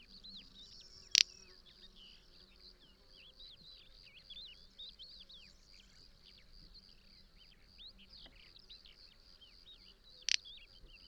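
Little bustard giving two short, dry, explosive snorts about nine seconds apart, over a steady high insect buzz and faint chirping of small birds.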